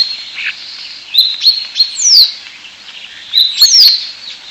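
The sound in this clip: European starling whistles: thin wheezy notes, then two clear descending whistled slurs about a second and a half apart, with soft chatter between.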